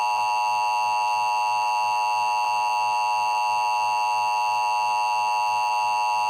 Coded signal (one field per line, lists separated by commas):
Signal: Emergency Alert System (SAME) tones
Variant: 853 and 960 Hz attention tone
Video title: Severe Thunderstorm Warning on TV (EAS #686)